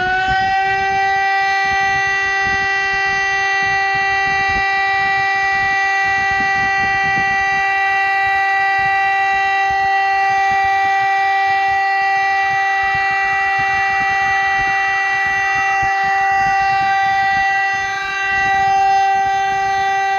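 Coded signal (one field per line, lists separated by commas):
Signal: siren signal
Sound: a steady, unbroken electronic siren tone held for about twenty seconds, with rich overtones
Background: low wind rumble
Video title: siren signal "fire alarm" Republique Thèque DS977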